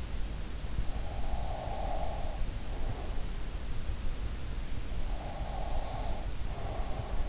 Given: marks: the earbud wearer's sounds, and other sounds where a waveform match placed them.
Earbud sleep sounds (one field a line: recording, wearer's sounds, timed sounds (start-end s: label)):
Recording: sounds in sleep by an in-ear microphone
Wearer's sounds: breath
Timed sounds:
0.87-2.90 s: breath
5.13-7.14 s: breath